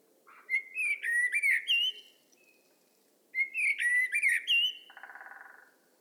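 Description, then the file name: Common blackbird singing two rich warbled phrases of clear whistles, the second ending in a rough buzzy twitter, with a pause between them. "Turdus merula"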